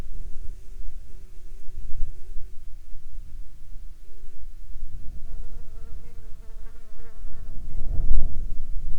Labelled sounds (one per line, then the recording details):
wind
insects
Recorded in the Arctic National Wildlife Refuge, Alaska, on 29 July 2019 at 11:38
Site 48